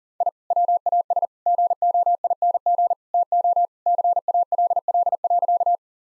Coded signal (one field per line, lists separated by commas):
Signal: Morse code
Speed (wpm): 40 wpm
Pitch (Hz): 700 Hz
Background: none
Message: I WAS GOING TO CALL.